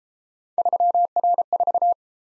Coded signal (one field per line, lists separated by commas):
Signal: Morse code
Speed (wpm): 35 wpm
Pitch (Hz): 700 Hz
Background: none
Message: 3R4